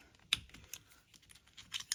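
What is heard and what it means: The retaining pin of an inflatable seatbelt retractor is pushed out of its mounting during installation of the 2nd and 3rd row Explorer seats in a 2013-2019 Police Interceptor Utility. A sharp click at 0.3 s marks the pin releasing. Fainter light clicks and taps follow around 0.7 s and between 1.6 and 1.9 s.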